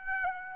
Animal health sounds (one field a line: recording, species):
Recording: mosquito wingbeat signal from an infrared sensor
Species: Aedes aegypti